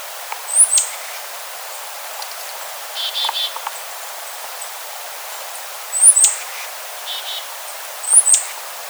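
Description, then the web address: Black-capped chickadee calls: high, thin notes in short clusters with brief buzzy bursts around three and seven seconds, repeating at intervals over a steady hiss. Recorded on 4 January 2007. "Black-capped Chickadee 2007 01 04"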